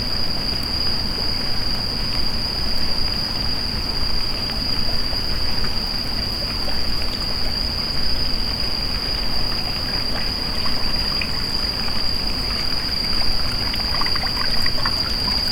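On a night walk outdoors, a steady rushing wash like flowing water fills the air beneath a constant thin, high-pitched insect-like whine.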